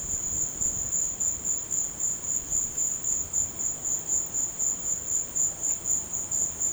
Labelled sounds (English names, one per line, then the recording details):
none
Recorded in dense forest near Puerto Asís, Putumayo, Colombia, on 19 March 2025 at 16:00
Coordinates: 0.500, -76.322
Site GP06